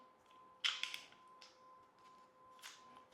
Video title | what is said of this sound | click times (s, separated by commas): Unifi G4 Doorbell Pro Poe Kit Install - How We Upgraded Our Doorbell! | Now it's unlocked. So it's that simple. | 0.8 s